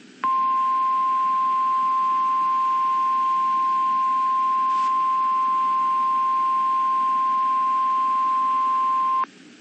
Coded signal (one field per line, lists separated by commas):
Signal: Emergency Alert System (SAME) tones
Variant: 1050 Hz attention tone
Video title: (EAS #15) Snow Squall Warning for Southwestern Chester, PA